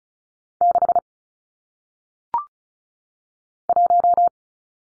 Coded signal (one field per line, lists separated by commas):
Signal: Morse code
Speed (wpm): 33 wpm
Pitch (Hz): 700 Hz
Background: none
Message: 6 1